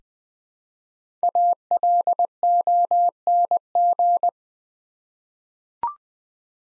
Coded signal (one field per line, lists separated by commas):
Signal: Morse code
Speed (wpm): 20 wpm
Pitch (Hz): 700 Hz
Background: none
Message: ALONG